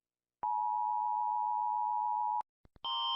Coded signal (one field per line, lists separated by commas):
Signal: Emergency Alert System (SAME) tones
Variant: 853 and 960 Hz attention tone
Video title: Rating EAS Alarms Part 6: Classic Edition